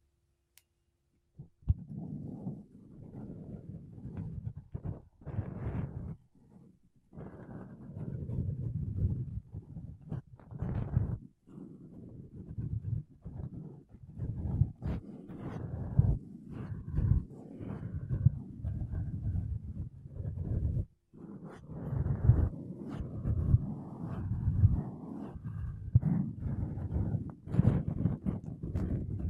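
Makeup brushes and a sponge rub against a microphone in dense, soft, low scratchy strokes. The sound starts about two seconds in and runs almost continuously, with short pauses near seven, eleven and twenty-one seconds. Occasional brighter crackles and flicks rise above the muffled rustling.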